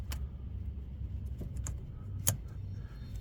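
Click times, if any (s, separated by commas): 2.3 s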